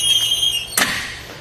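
An empty Swagman Current hitch bike rack for two electric bikes, mounted on a 2019 Chevrolet Suburban, is tilted up toward the vehicle with its tilt lever until it folds into the stowed position. Steady high-pitched tones run until a sharp latch click at 0.8 s, then fade away. The tilt latch seats into the rack mast and the rack locks into place.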